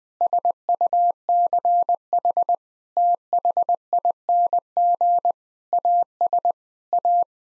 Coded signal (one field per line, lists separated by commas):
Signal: Morse code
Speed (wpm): 20 wpm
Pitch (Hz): 700 Hz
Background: none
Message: SUCH THING AS A